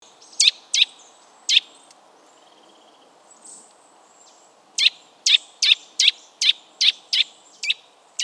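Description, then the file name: Eurasian nuthatch calls: sharp, loud clipped notes, three early, then a pause and a quick series of about nine. "Sitta europaea"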